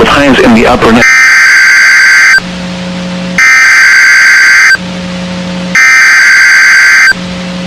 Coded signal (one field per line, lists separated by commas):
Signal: Emergency Alert System (SAME) tones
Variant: header bursts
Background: speech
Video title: Six Severe Thunderstorm Warnings (EAS 2328-2333) 6/10/23